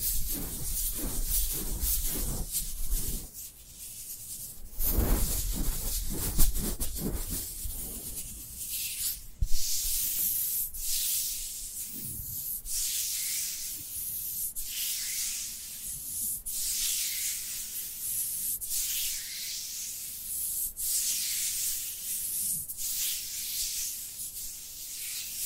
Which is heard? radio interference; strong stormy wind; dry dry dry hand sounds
dry dry dry hand sounds